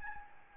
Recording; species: mosquito wingbeat signal from an infrared sensor; Aedes albopictus